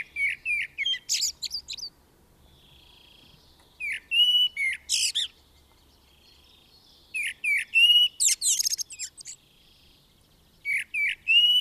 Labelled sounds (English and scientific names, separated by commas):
Common Blackbird (Turdus merula) song